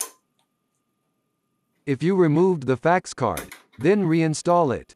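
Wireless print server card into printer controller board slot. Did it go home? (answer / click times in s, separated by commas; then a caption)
yes / 0.0 s. A new MarkNet N8450 wireless print server card is pushed into its slot on the controller board of an MS531/MS631/MS632/MS639/M3350/MX532/MX632/XM3350 printer and clicks into place with a sharp, loud hit at 0.0 s. A faint tick follows at 0.4 s, then silence until someone talks from about 1.9 s.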